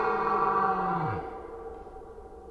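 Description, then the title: Red deer roar already under way, a harsh drawn-out bellow that slides downward and fades after about one second. Rutting red deer in the Forêt d'Orléans, France. "Red Deer Rut - Forêt d'Orleans, France"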